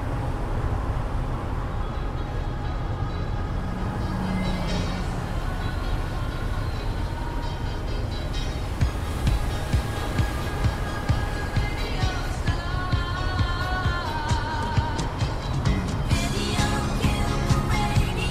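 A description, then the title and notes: A vehicle's steady, heavy rumble fills the whole recording, with a constant hiss of crackle over it. From about eight seconds on, scattered clicks and rattles come and go, and faint voice-like radio tones and a thin whine surface near the end. An 80s Summer Drive.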